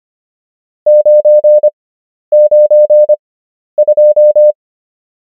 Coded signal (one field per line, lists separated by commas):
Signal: Morse code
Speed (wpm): 25 wpm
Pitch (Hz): 600 Hz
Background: none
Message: 992